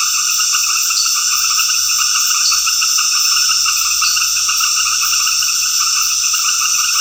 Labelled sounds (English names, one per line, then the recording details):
none
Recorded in dense forest near Puerto Asís, Putumayo, Colombia, on 18 February 2024 at 19:00
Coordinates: 0.496, -76.326
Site G6383